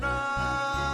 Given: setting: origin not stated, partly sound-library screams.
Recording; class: one-second piece from a danger detection set; normal situation